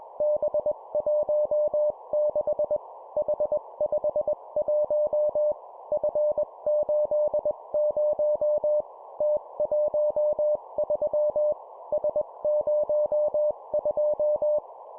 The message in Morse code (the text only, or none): B16 H51 F80 T13 S02